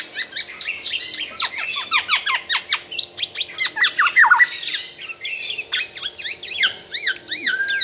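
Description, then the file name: Black-naped oriole in a fast, busy run of many sharp downslurred and V-shaped notes, with a faint steady hum underneath. Singing vigorously and continuously (gacor), said to sing until exhausted. "BURUNG KEPODANG GACOR SAMPAI TELER"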